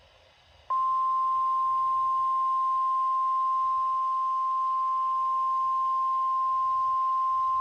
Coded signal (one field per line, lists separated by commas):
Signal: Emergency Alert System (SAME) tones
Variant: 1050 Hz attention tone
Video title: NOAA Weather Radio - EAS Tripleheader SVR & 2 Tornado Warnings [EAS #286-#288] (4/1/23)